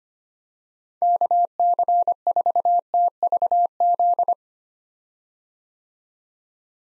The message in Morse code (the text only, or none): KC4TVZ